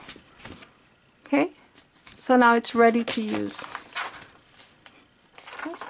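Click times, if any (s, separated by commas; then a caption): none. A plastic snap fastener, just set with snap pliers, is handled on the flap of a pink 13x13 paper storage envelope while someone talks, with a few faint ticks and rustles. Nothing has seated or clicked yet; the two halves of the snap have not been pressed shut.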